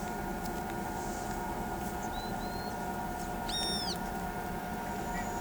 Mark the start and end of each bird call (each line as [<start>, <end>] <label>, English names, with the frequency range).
[2.11, 2.72] Trinidad Euphonia (3.3-4.5 kHz)
[3.49, 3.96] Roadside Hawk (2.0-13.3 kHz)